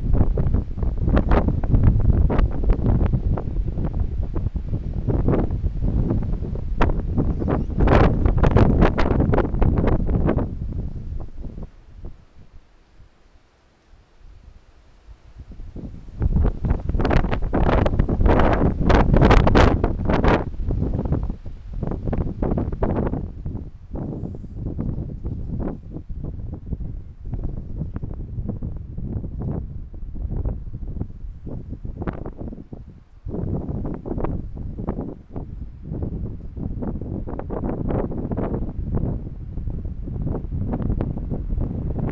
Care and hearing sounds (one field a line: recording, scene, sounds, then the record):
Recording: everyday scene through a hearing-aid microphone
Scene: wind on the microphone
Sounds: squally wind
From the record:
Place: parking lot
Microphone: behind the ear, left, front